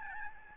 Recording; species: mosquito wingbeat signal from an infrared sensor; Aedes albopictus